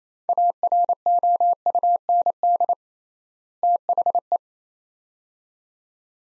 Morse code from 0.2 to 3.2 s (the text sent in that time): AROUND